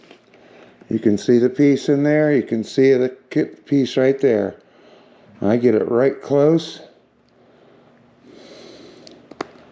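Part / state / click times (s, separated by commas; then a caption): wiring harness connector joining its mating plug on an electric trike / seated / 9.4 s. A plastic wiring harness connector is lined up and pushed together with its mating plug on a Lectric XP Trike 2.0 750w electric trike during assembly. Someone talks for most of the clip, then the connector seats with a sharp click at 9.4 s.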